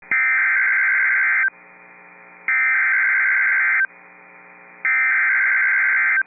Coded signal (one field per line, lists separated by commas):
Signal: Emergency Alert System (SAME) tones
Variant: header bursts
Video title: Severe Thunderstorm Warning (ND) (8/8/25) [EAS #249]